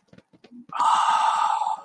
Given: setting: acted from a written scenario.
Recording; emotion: vocal sound without words; awe